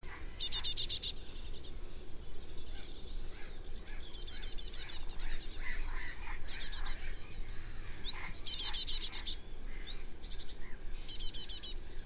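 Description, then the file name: Great tit harsh calls: buzzy, rasping churrs in several bursts, with thinner chirps between them. "Parus major"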